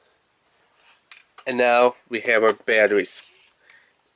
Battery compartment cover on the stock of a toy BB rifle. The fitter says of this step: You should hear that snap in place.